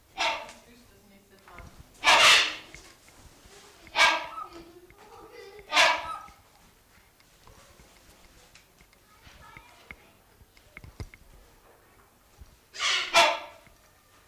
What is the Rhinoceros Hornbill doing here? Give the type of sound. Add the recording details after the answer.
call. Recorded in captivity. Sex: pair. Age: adult. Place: Zoo Berlin, Berlin, DE. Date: 1999-10-19 14:13. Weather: heiter, ca. 6°C. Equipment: Sony WM-D6C, Sennheiser ME 80, Kopie Uher 4000 Report Monitor. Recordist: Tembrock, Günter